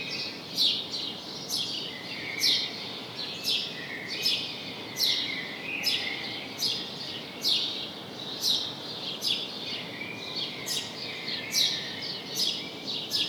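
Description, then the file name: A house sparrow chirps continuously, many sharp notes in loose succession, over a constant background hiss. "Passer domesticus"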